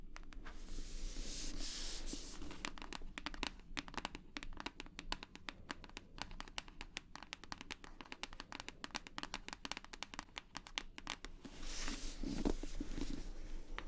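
Rapid, irregular tapping with crisp bright clicks and a crinkly, papery texture, thinning briefly mid-clip and ending in a louder rustling swell.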